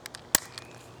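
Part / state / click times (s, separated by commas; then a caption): plastic tail piece into toy dinosaur figure body / seated / 0.3 s. A plastic tail piece is pushed into the body of a toy dinosaur action figure. A few faint light ticks come before one sharp, bright snap at 0.3 s, followed by another soft tick. The tail snaps into place and is seated, though the fit is a bit loose.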